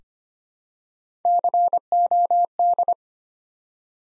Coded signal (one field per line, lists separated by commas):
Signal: Morse code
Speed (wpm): 25 wpm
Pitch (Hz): 700 Hz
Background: none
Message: COD